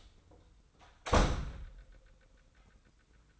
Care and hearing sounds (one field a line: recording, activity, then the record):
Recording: daily activity, microphone in the room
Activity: close door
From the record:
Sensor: 3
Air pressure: 990.4 hPa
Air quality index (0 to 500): 170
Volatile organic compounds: 1000 ppm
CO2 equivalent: 5486 ppm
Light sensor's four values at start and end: 47/111/45/43 and 47/112/46/43